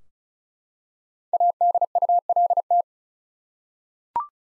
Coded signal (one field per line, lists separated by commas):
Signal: Morse code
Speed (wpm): 36 wpm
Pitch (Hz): 700 Hz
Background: none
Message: ADULT